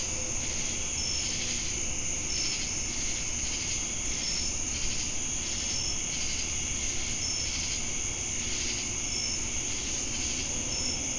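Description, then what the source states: Crickets in a dense, steady high chorus with a continuous shrill band, plus short bright chirps repeating at intervals and a pulsing insect drone behind. Crickets recorded together with cicadas in Jamestown, North Carolina, on 10 August 2018.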